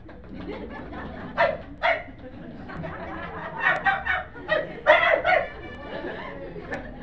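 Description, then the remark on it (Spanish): A person imitates a dog with a string of short, yappy bark-like bursts, some quick pairs and clusters, over a murmur of background chatter and a few laughs. “Miren, uno viene allá a dos cuadras y el perro ya lo huele. Y empieza.”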